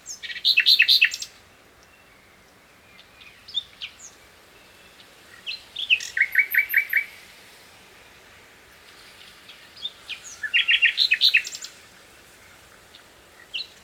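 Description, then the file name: Common nightingale song: three loud rapid trills of repeated notes separated by quieter chirps and pauses. "Luscinia megarhynchos"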